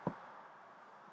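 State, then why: Seated. A front seat headrest on a 2022–2026 Lexus NX is pulled forward once more into its third tilt detent, the farthest forward position. A single short, sharp click is heard at 0.1 s, followed by quiet background hiss. The headrest seats in the third detent.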